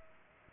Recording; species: mosquito wingbeat signal from an infrared sensor; Culex pipiens